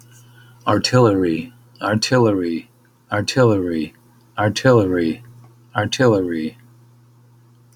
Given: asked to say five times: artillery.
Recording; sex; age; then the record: repeated word; male; 60 to 69 years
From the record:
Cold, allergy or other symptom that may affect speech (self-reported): no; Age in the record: 63 years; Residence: Iowa, United States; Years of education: 13